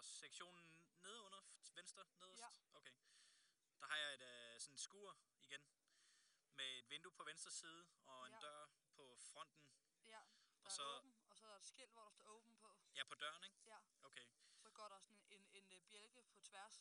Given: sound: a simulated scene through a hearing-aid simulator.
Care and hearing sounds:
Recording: conversation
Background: quiet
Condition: 65 dB SPL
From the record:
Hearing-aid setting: standard clinical setting (NAL)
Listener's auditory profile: A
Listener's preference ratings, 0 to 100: 99, 100, 100

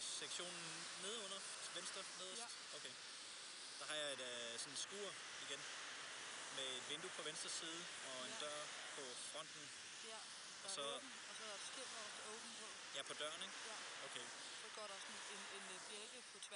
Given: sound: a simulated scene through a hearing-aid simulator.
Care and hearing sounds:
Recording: conversation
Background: traffic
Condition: +4 dB SNR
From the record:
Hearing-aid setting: II (fast-acting compression, audibility-based gain, advanced features for about 2.5 dB of SNR improvement)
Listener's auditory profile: B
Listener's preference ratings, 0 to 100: 58, 40, 84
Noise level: 75 dB SPL

